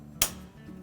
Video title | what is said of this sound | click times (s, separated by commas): Dishwasher Repair - Replacing the Upper Rack (Whirlpool Part # WPW10388414) | vertical wire until it locks in place. | 0.2 s